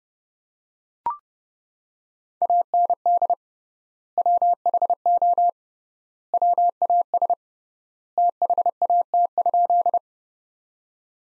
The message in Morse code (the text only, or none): AND WHO WAS THAT?